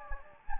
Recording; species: mosquito wingbeat signal from an infrared sensor; Anopheles gambiae